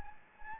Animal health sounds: mosquito wingbeat signal from an infrared sensor; Anopheles gambiae

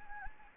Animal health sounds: mosquito wingbeat signal from an infrared sensor; Anopheles gambiae

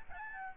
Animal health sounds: mosquito wingbeat signal from an infrared sensor; Aedes albopictus

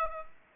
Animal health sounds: mosquito wingbeat signal from an infrared sensor; Aedes aegypti

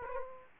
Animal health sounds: mosquito wingbeat signal from an infrared sensor; Aedes aegypti

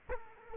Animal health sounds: mosquito wingbeat signal from an infrared sensor; Culex quinquefasciatus

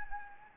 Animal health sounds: mosquito wingbeat signal from an infrared sensor; Anopheles gambiae

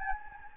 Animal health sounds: mosquito wingbeat signal from an infrared sensor; Anopheles gambiae

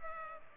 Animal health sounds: mosquito wingbeat signal from an infrared sensor; Culex pipiens

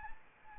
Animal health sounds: mosquito wingbeat signal from an infrared sensor; Anopheles arabiensis

